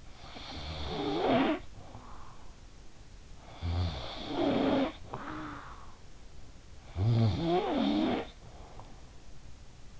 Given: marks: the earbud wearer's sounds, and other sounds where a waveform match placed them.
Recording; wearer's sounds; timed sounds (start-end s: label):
sounds in sleep by an in-ear microphone; snoring breath
0.00-2.68 s: snoring breath
3.20-6.43 s: snoring breath
6.66-9.46 s: snoring breath